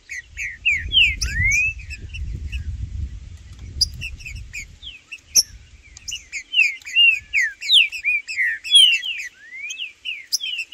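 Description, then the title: Green-winged saltator song with busy chirped notes and arched whistles throughout, a low rumble in the first half. Several birds in the bush, including ones called Blindado and Tufão, singing and chirping while competing as males with a free-living bird. "Seu TRINCA Piando, Cantando E Macheando Na DISPUTA. Trinca Ferro no MATO Cantando e Macheando muito com Solto! Blindado e Tufão no mato"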